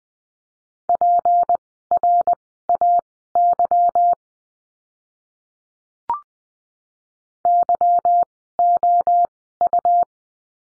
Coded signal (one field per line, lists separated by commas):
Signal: Morse code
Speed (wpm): 20 wpm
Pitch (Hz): 700 Hz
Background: none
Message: PRAY YOU